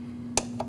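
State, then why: Released. A pick tool is put into the retaining clip at the top of an old hood lift support on a 2014-2023 Jeep Cherokee, and the end socket is pulled off its ball stud. A sharp snap at 0.4 s marks the release, followed by a softer tick at 0.6 s, over a steady low hum. The old strut end is released from the ball stud.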